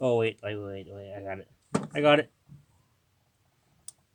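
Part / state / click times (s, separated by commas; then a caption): plastic clip on a truck part / seated / 3.9 s. Someone talks while working out where a plastic clip goes on a truck part, then presses it home. A single sharp click at 3.9 s shows the plastic clip has seated in place.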